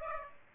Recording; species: mosquito wingbeat signal from an infrared sensor; Aedes aegypti